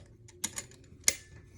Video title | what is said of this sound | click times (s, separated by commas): Threading my Juki 1181N | okay and you'll hear a click | 1.1 s